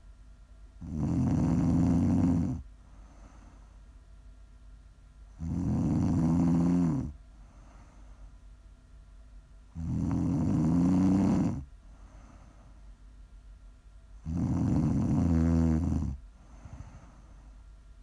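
Four loud, low-pitched, rattling snores come on the in-breaths, each lasting nearly two seconds, with soft breathy exhalations between. They repeat evenly at about 13 breaths a minute. This is a steady sleep snore from an adult, offered as ASMR to listen to for sleep, relaxing or winding down.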